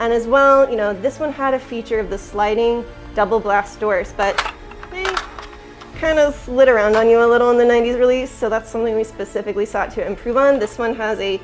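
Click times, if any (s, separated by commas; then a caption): 5.1 s, 5.2 s. Plastic double blast doors are slid into place on a toy bunker playset frame, and they snap into a detent with two sharp clicks at 5.1 s and 5.2 s. Someone talks throughout over background music. The doors seat firmly in place rather than sliding around.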